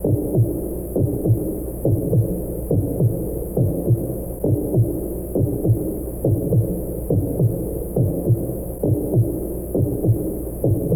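A steady, regular heartbeat at about 68 beats a minute, each beat a low paired thump with a lub-dub pattern. A faint low hum runs underneath throughout.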